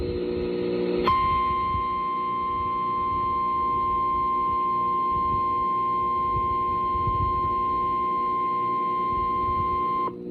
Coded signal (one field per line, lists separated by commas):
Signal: Emergency Alert System (SAME) tones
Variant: 1050 Hz attention tone